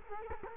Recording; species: mosquito wingbeat signal from an infrared sensor; Culex quinquefasciatus